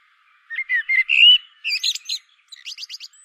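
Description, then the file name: Common blackbird song: one phrase of mellow whistles followed by a high scratchy flourish and a few quick twittering notes. "Turdus merula"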